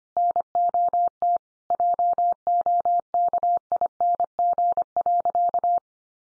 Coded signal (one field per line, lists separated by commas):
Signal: Morse code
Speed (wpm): 25 wpm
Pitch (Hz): 700 Hz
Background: none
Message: NOT JOKING.